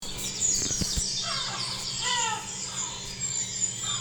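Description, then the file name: Yellow-legged gull calls, a short series of nasal downward-slurred cries in the middle, with a few clicks and knocks at the start and a steady low hum. "mittelmeermöwe"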